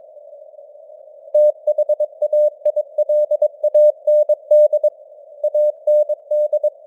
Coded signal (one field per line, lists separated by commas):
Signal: Morse code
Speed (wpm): 22 wpm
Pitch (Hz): 600 Hz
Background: none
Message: THAILAND AND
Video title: Morse Code News | 2025-10-26 | 22wpm